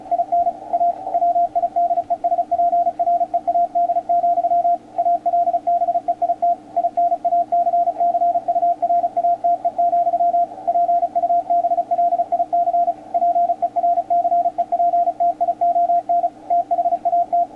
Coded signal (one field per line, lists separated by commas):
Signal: Morse code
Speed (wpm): 36 wpm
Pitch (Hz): 700 Hz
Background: radio noise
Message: IN A WIDESPREAD, ALBEIT INACCURATE, PUBLIC PERCEPTION THAT